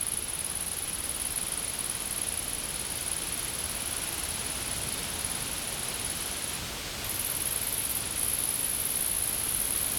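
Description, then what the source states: Insect making a continuous high, shrill trill that pauses briefly, then returns slightly louder and broader, over faint hiss. Insects recorded in a field.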